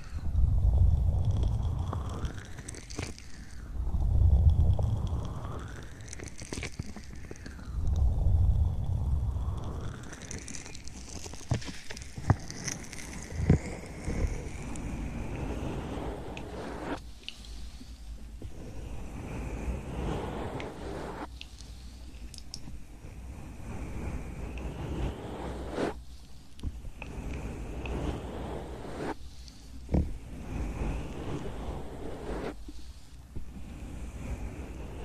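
An ear massage trigger: for the first ten seconds, slow sweeping swishes rise and fall about every four seconds, each with a soft low thump. After that comes a steadier rubbing, scratchy texture, broken by brief near-silent gaps around 17, 21, 26, 30 and 33 seconds.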